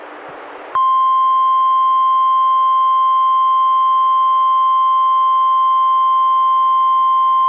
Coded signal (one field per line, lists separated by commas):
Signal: Emergency Alert System (SAME) tones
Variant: 1050 Hz attention tone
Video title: EAS #140-141: NWR and EAS Required Monthly Tests- Oct. 20, 2016- 10:20AM PDT